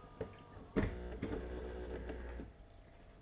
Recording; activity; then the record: daily activity, microphone in the room; typing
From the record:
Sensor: 4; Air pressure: 992.6 hPa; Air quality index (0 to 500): 137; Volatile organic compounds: 62 ppm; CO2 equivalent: 3435 ppm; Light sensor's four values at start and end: 19/66/24/25 and 19/66/24/25